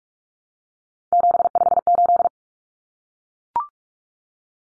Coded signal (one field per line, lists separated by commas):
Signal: Morse code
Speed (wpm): 44 wpm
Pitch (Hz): 700 Hz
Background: none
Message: 758